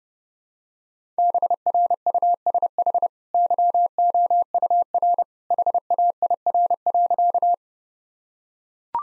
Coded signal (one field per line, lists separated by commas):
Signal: Morse code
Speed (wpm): 30 wpm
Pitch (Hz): 700 Hz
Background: none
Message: BRUSH YOUR HAIR.